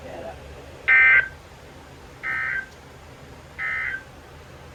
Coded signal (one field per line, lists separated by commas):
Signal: Emergency Alert System (SAME) tones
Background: speech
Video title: Floods And Storms! (EAS 255-284)